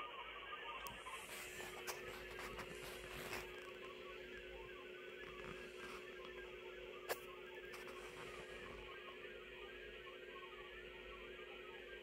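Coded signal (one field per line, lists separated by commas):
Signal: multi-tone FSK (Olivia or MFSK type)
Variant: Olivia 32/1000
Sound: soft burbling tones hopping quickly within a narrow band, over clicks and hum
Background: clicks and mains hum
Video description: got this one right first time. 32/1K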